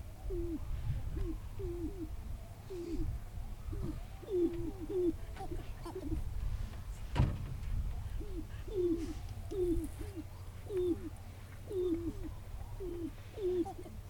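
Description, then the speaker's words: Sharp-tailed grouse lekking calls: clusters of short, curved, low clucking notes repeated in bursts, with one sharp thump midway and rumbling wind beneath. Lekking in tall prairie grasslands at Wainwright, Alberta. "Yes, so in Wainwright, in the tall prairie grasslands, listening to a sharp-tailed grouse do a little bit of lekking."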